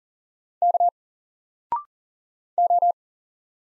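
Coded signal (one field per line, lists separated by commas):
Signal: Morse code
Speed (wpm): 39 wpm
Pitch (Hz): 700 Hz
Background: none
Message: K O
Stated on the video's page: Single-letter Morse drill at 40 wpm, each letter sent, spoken after a 0.6 s pause, then sent again.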